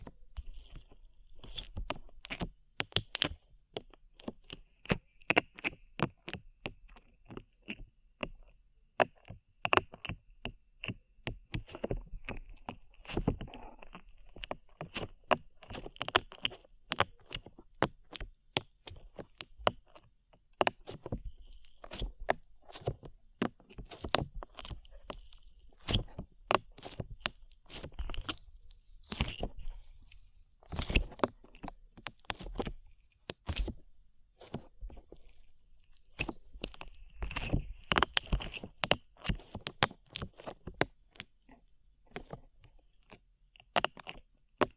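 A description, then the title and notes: Sticky slime being squeezed and pressed, with dense, irregular wet clicks and crackles popping out every fraction of a second. The squelching sounds bright and crisp, with a faint steady hiss underneath and no talking. ASMR SLIME IN YOUR EARS 3Dio Sticky Sounds (No Talking).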